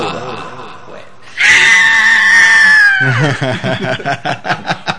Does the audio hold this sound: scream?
yes